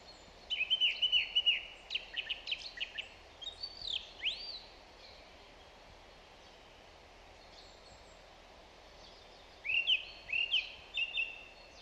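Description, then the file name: Song thrush singing: a rapid run of whistled and twittering notes, a few upslurred calls, long pause, then repeated slurred phrases amid steady hiss. "Zanglijster Turdus philomelos"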